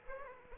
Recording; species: mosquito wingbeat signal from an infrared sensor; Aedes aegypti